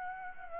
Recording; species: mosquito wingbeat signal from an infrared sensor; Aedes aegypti